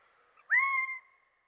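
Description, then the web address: Gambel's quail uttering one drawn-out, slightly nasal note with a quick rising start and a level body, lasting about half a second, in otherwise quiet surroundings. "Dan Gibson Wildlife Identification By Sound, Western North America. Gambel's Quail"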